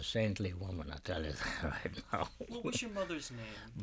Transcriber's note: he laughs